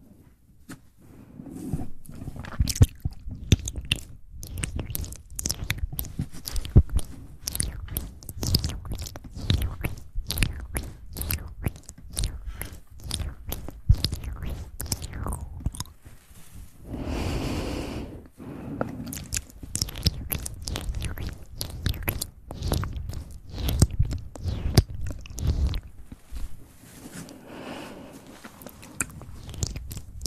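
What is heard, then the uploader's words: Close mouth sounds: a dense, fast run of wet clicks, smacks and crunchy bites, steady across the whole half minute. Around the seventeen-second mark the clicking gives way to a soft, breathy hiss for a moment, with a briefer one near twenty-seven seconds. ASMR Close Mouth Sounds.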